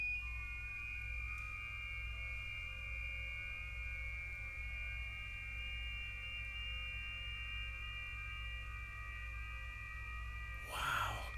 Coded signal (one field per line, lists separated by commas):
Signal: FT8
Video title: 30 METER MAGNETIC LOOP (HOMEBREW)!